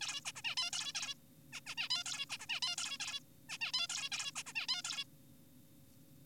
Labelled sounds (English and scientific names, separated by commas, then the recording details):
Zebra Finch (Taeniopygia guttata)
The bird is an adult
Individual g4p5U